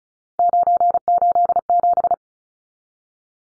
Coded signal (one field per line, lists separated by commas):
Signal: Morse code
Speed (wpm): 34 wpm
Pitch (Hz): 700 Hz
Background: none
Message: 987